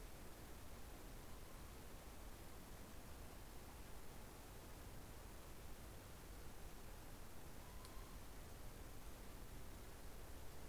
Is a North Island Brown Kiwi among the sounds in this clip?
no